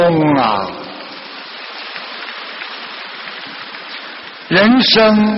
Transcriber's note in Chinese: 掌声